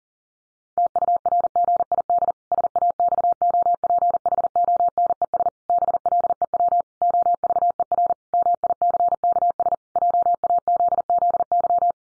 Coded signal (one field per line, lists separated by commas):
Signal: Morse code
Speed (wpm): 40 wpm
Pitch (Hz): 700 Hz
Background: none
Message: TURGID SAXOPHONES BLEW OVER MICKS JAZZY